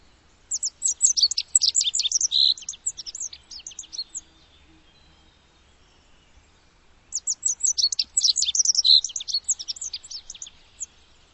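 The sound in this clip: Bird chirping in fast, high twittering bursts, two bursts of about three and a half seconds each, separated by a quiet pause.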